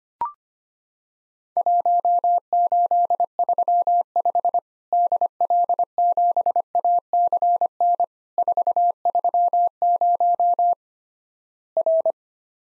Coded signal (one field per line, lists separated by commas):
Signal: Morse code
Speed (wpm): 25 wpm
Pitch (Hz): 700 Hz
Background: none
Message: 1835 DL7ACN 430 R